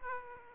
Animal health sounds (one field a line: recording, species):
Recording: mosquito wingbeat signal from an infrared sensor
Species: Aedes aegypti